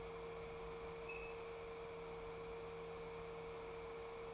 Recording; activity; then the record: daily activity, microphone in the room; open fridge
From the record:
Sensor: 1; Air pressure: 1014.9 hPa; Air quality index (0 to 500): 191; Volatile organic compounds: 21 ppm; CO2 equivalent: 2709 ppm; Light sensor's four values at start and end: 24/61/26/31 and 15/38/16/18